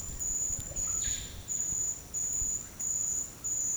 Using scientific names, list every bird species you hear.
Psarocolius angustifrons